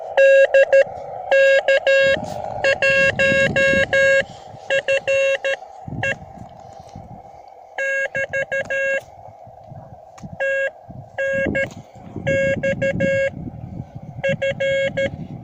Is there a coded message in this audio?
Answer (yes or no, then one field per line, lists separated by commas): yes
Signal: Morse code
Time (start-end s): 0.2-15.1 s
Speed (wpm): 13 wpm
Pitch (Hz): 540 Hz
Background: none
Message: DK1FE <BT> TNX F